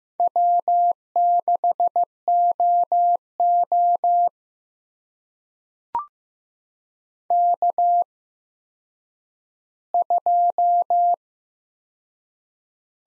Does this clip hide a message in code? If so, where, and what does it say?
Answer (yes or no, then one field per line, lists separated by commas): yes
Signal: Morse code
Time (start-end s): 0.2-11.1 s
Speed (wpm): 15 wpm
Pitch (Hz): 700 Hz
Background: none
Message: W6OO K2